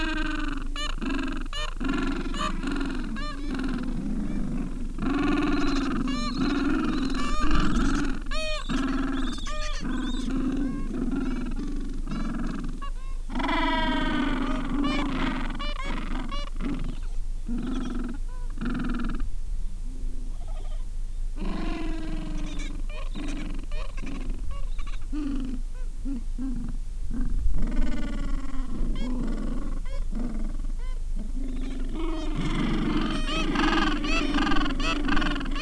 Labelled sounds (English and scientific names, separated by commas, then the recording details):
Gentoo Penguin (Pygoscelis papua)
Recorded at the colony at Ocean Harbour, on 7 January 2016
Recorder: Song Meter SM2+